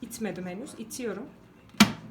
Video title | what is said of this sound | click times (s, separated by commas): BOSCH MUM5 ŞEF VE APARATLARIN TAKIMI İLE İLGİLİ PÜF NOKTALAR (karıştırma uçları, doğrayıcı ve rende) | bakın tık diye bir ses geldi bu da bir güvenlik önlemi | 1.8 s